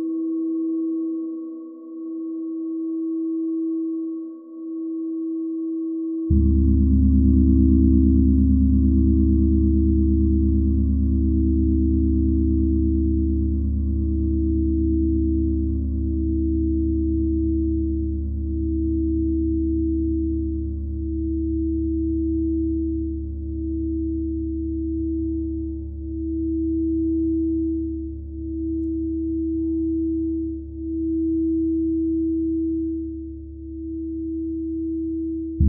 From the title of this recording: soundscape singing bowls